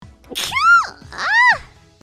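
A sharp hissing burst followed by two rising-falling voiced cries: a loud vocal sneeze from an adult.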